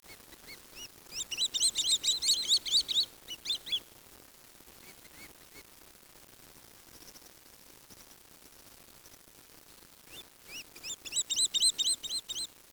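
Birds calling in rapid bursts of high, twittering chirps, one bout in the first four seconds and another from ten seconds on, with steady hiss between.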